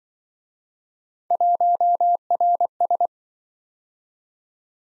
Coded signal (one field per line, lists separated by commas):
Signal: Morse code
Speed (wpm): 25 wpm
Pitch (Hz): 700 Hz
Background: none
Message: 1RS